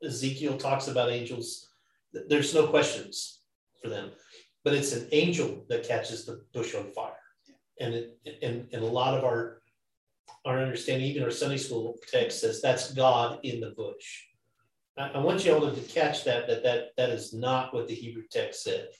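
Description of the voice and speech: An adult man preaches a sermon in a small room at a moderate pace, with repeated whole words and syllable restarts: a drawn-out 'and, and, and', 'I, I', and 'that' said four times in a row. These repetitions show a mild stutter, present since childhood and still heard every once in a while, returning with tiredness or inattention and absent when singing.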